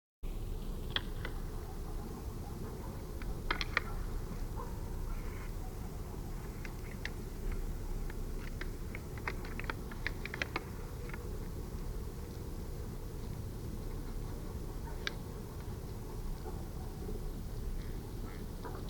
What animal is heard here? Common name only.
Fallow Deer